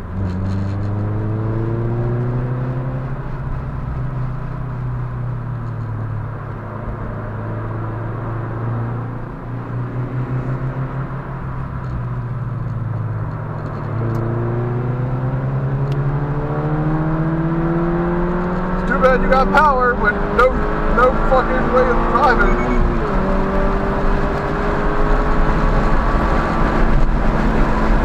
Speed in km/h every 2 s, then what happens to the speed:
64, 69, 58, 61, 68, 66, 60, 76, 92, 108, 124, 137, 150, 156.
2-5 brakes to 58. 5-9 speeds up to 68. 9-12 slows to 60. 12-24 speeds up to 150.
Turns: 3-7.